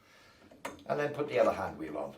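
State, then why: Seated. A square-neck carriage bolt is passed through the two holes of a Hyundai HYSW1600E artificial lawn sweeper's handle joint, and its square shoulder pops into the square hole of the handle bracket with a single sharp tick at 0.6 s. The bolt is seated, and someone then talks.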